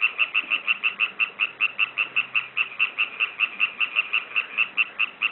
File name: Hyla arborea